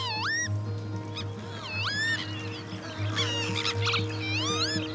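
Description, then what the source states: Northern Lapwing calls, wheezy slurred notes swooping down then up, repeated a few times over sustained low droning tones. Traditionally called green plover or peewit; the name peewit comes from this call; plentiful across Irish farmland fields.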